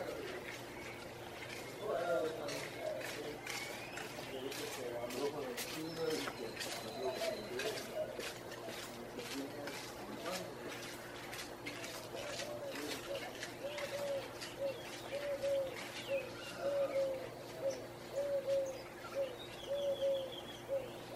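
Early morning on a balcony above the Placencia Sidewalk in Belize, with a steady low hum running underneath throughout. Birds call repeatedly, including a run of cooing hoots that grows more regular after the midpoint, and occasional voices mix in alongside scattered clicks and taps.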